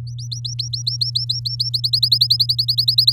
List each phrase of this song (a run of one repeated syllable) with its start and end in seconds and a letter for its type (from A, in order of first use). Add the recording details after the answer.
0.07-1.69 A, 1.74-3.12 B. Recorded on 6 May 2018 at 17:45. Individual llb16